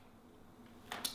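On a Nolan N104 modular motorcycle helmet, the bottom of the red chin-bar release clip is pulled out and the top pressed down so the plastic chin bar can slide up. Two short clicks sound at 0.9 s and 1.1 s over a quiet background, and the chin bar latch releases.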